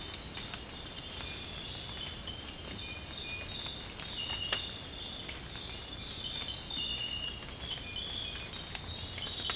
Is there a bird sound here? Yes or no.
no